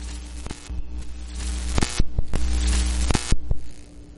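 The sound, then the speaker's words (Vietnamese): A fluorescent tube flickers with a steady low electrical hum, broken by sharp crackling bursts and irregular clicks of static, some louder than others, with no voices present. “Cái bóng điện tuyếp đang sáng trừng trừng như thế, đột nhiên nhấp nháy, rèn rẹt, phát ra những tiếng đáng sợ.”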